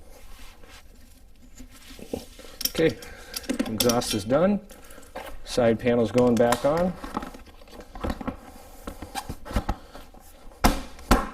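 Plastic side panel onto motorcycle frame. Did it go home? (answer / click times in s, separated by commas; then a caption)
yes / 11.1 s. A plastic side panel is pushed back onto the frame of an FE501 dirt bike after the exhaust work, while someone talks. Light handling knocks and clatters come and go before a sharp, loud snap at 11.1 s as the panel seats into place.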